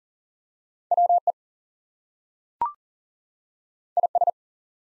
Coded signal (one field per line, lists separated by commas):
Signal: Morse code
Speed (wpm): 39 wpm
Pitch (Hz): 700 Hz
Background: none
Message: WE IS